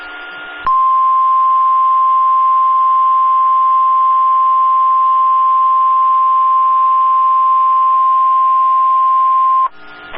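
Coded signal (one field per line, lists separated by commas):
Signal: Emergency Alert System (SAME) tones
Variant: 1050 Hz attention tone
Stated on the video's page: Compilation of real weather EAS alerts received by radio during a storm event.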